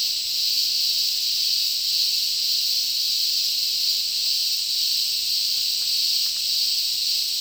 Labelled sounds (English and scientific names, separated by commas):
none